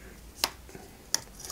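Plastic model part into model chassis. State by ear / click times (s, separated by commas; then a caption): seated / 0.4 s, 1.1 s. A small plastic model part is pressed into the model chassis, giving two sharp snaps at 0.4 s and 1.1 s over quiet handling noise. The part clips into place and is seated.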